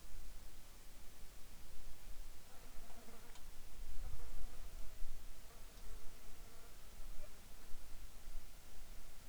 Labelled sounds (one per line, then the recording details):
wind
insects
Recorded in the Arctic National Wildlife Refuge, Alaska, on 7 July 2019 at 18:55
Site 41